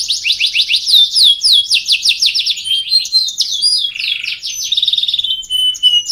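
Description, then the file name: Canary song opening with a fast series of high descending whistles, then a lower buzzy trill and a drawn-out, steady whistled note. Kept Yorkshire (English-type) canary, recorded in 2013. "kenari-bulldozer-ys-inggris-2013-milik-skc-jgj-bf-omkicau"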